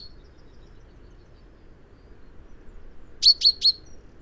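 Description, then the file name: Common chaffinch calls: a quick series of three sharp, bright, clipped notes near the end, after a faint note at the start, over a low steady background hum. "Fringilla coelebs"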